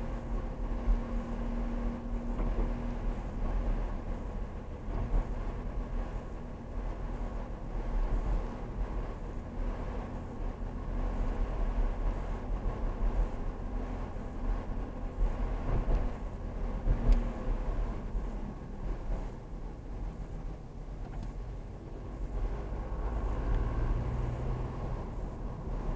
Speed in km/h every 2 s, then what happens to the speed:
50, 48, 50, 50, 52, 52, 50, 47, 39, 31, 31, 39, 37.
0-13 steady at about 50. 13-18 brakes to 31. 18-26 speeds up to 37.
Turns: none.